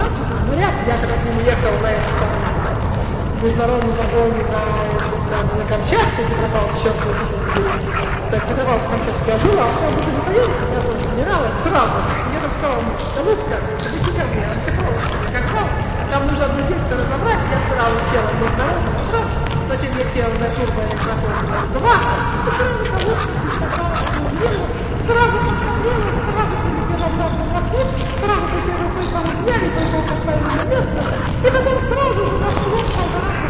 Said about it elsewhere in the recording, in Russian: Характерный для маниакального состояния осипший голос.